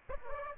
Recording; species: mosquito wingbeat signal from an infrared sensor; Aedes aegypti